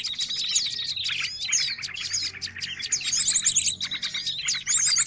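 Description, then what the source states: Birds chattering in quick overlapping chirps and twittering phrases, with a couple of rapid high trills in the second half and a low hum beneath. Noisy bird chatter, intended as a lure for catching birds.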